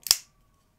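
The metal blade of a Kizer Drop Bear folding knife is swung shut, and its crossbar lock snaps into place in the handle. A small tick at 0.07 s leads into a sharp, bright metallic click at 0.1 s that rings out over about 0.2 s, followed by near silence and a faint, brief rustle at 0.8 s. The lock engages with a crisp click on the close, typical of a crossbar lock.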